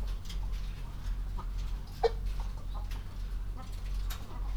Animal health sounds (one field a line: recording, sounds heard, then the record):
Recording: poultry house recording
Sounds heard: healthy chickens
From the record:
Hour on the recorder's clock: 21